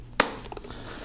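A plastic locking clip on the second side of a food container lid is flipped up and gives a loud, sharp snap at 0.2 s as it locks, followed by a few faint small clicks and another sharp snap near the end. The lid is now sealed.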